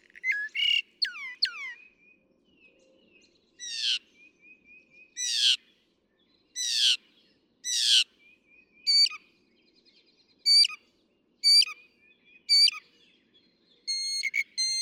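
Northern mockingbird song: varied phrases, from slurred whistles to harsh rasping notes repeated several times, then crisp high notes repeated at steady intervals.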